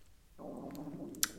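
A low gurgling rumble of about one second, ending in a faint click: ordinary, harmless stomach growling in an adult.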